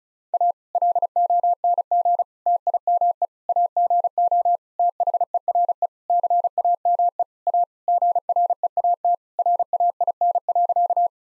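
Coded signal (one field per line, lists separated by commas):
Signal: Morse code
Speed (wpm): 34 wpm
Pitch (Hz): 700 Hz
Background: none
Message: A LONG TIME AGO THERE CAME A GREAT RAIN.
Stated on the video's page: Morse code head-copy practice at 35 WPM, sentences built from the 1000 most common words.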